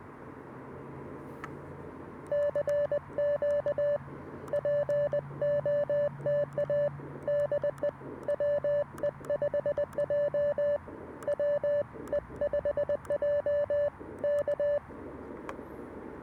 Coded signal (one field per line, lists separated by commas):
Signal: Morse code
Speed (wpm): 20 wpm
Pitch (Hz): 580 Hz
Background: none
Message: CQ POTA DE WE5J WE5J K